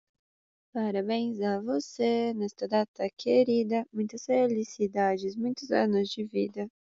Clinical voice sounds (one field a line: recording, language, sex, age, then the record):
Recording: short text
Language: Brazilian Portuguese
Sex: female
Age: 20 to 29 years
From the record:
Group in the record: control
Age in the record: 20 years